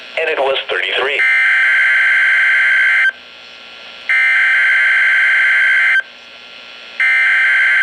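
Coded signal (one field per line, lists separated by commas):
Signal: Emergency Alert System (SAME) tones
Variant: header bursts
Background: speech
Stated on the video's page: Required Weekly Test from NOAA weather radio transmitter in Milwaukee, Wisconsin, read with a live voice.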